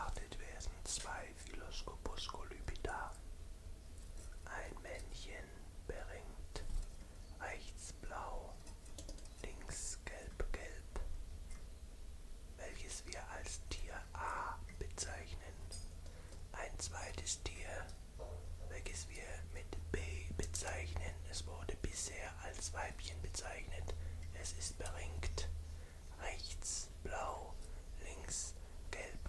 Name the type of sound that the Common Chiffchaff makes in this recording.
song